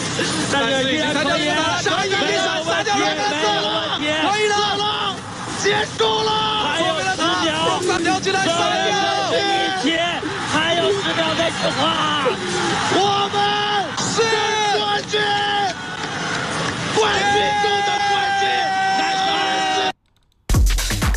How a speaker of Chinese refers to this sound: 不放一个这个欢呼声都对不起这几个解说啊，太兴奋了。这 IG 获得了冠军啊，获得了冠军啊。